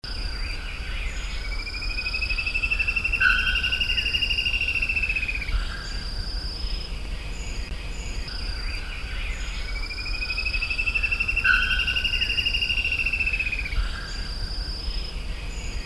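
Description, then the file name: Spot-backed Antshrike song: a long, rapid trill that rises then falls slightly, given twice about eight seconds apart, over constant insect buzzing and a low rumble. Recorded at Atibaia, São Paulo state, Brazil, dated 6-12-08. "Hypoedaleus-guttatus-Vl Enc-Atibaia-SP. ASilveira"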